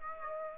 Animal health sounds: mosquito wingbeat signal from an infrared sensor; Aedes aegypti

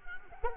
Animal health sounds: mosquito wingbeat signal from an infrared sensor; Culex quinquefasciatus

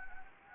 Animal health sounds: mosquito wingbeat signal from an infrared sensor; Anopheles gambiae

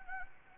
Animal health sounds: mosquito wingbeat signal from an infrared sensor; Anopheles arabiensis

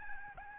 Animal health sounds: mosquito wingbeat signal from an infrared sensor; Aedes albopictus

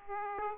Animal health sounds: mosquito wingbeat signal from an infrared sensor; Aedes aegypti

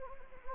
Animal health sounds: mosquito wingbeat signal from an infrared sensor; Anopheles gambiae

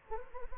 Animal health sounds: mosquito wingbeat signal from an infrared sensor; Anopheles gambiae

